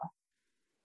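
One brief, low, croaking gasp, an imitation of the final noise a dying patient made as her eyes rolled back and her eyelids closed, just before she died.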